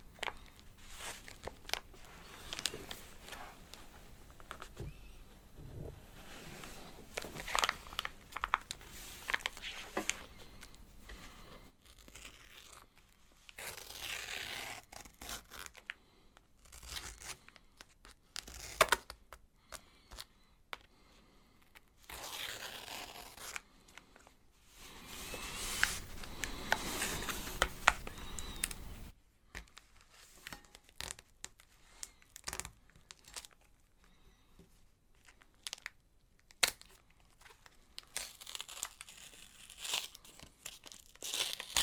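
Eating of çiğ köfte, with a steady run of sharp, wet mouth clicks and smacks. Louder crinkly, tearing bursts, like a wrapper or lettuce being handled, come around 13–16 and 25–29 seconds, with brief near-silent pauses between.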